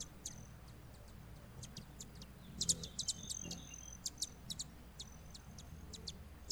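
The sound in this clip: Broad-tailed hummingbird calls: quick, sharp, very high ticks scattered throughout, with short steady high buzzing tones, over faint low background noise.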